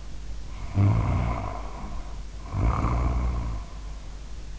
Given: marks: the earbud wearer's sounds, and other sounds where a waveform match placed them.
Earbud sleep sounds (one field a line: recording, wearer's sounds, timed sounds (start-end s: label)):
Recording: sounds in sleep by an in-ear microphone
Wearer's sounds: snoring breath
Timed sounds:
0.41-4.19 s: snoring breath